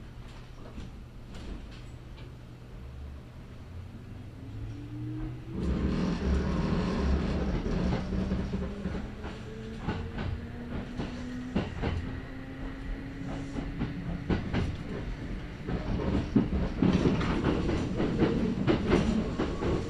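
A Kintetsu Osaka Line express train runs with a steady low rumble and rattling clicks, growing louder after six seconds with a rising motor whine.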